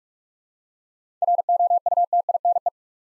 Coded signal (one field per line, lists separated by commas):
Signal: Morse code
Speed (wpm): 42 wpm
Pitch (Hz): 700 Hz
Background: none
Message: ROUTINE